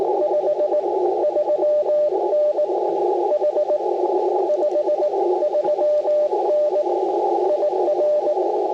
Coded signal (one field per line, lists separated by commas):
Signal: Morse code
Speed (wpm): 19 wpm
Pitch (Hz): 590 Hz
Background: radio noise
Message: 53N H 53N IR